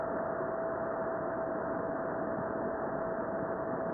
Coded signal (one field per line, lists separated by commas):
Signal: PSK31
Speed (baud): 31.25 baud